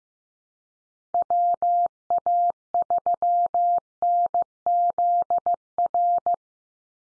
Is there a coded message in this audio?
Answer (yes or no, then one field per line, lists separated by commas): yes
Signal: Morse code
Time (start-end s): 1.1-6.3 s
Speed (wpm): 15 wpm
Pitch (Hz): 700 Hz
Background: none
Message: WA3NZR